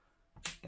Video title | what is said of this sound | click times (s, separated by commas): F17/IVSO 2018 12.9" iPad Pro Rotating Keyboard Case | just kind of push it in and the keys kind of envelops and clicks | 0.5 s